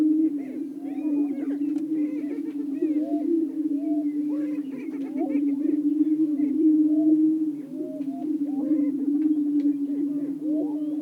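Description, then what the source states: Greater prairie-chickens in a chorus, a steady low hum overlaid with many cackling, whooping calls throughout. Several greater prairie-chickens calling.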